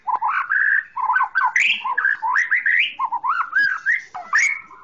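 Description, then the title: Oriental magpie-robin singing lower, mellow warbled phrases with rising and falling whistles, in steady bursts with brief gaps. Chirping song. "Kicau Kacer Durasi Panjang 1jam Lebih"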